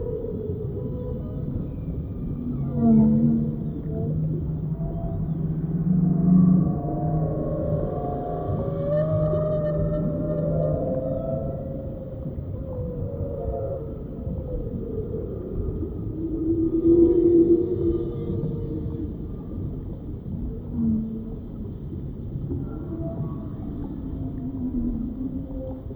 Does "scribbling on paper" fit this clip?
no